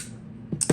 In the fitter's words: follower and the spring you can hear it there it locked into place